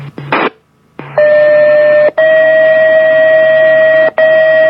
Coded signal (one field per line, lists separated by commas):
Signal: two-tone page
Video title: South and central Frontenac fire pager tests